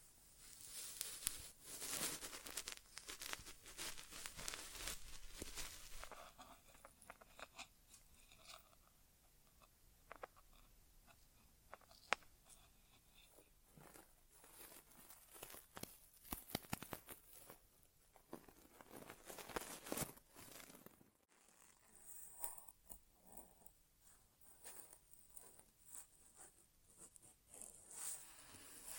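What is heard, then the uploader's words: An ASMR inner ear exam with no talking: dense crackling, scratching and tapping sounds, busiest in the first six seconds and again around fifteen to eighteen seconds. A brief total silence falls near twenty-one seconds, followed by quieter, sparser rustling and clicks. ASMR Inner Ear Exam (No Talking).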